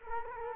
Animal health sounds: mosquito wingbeat signal from an infrared sensor; Culex quinquefasciatus

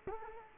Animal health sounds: mosquito wingbeat signal from an infrared sensor; Culex quinquefasciatus

